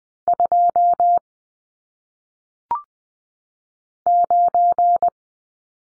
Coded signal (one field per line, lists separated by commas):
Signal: Morse code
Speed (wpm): 20 wpm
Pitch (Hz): 700 Hz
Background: none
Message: 2 9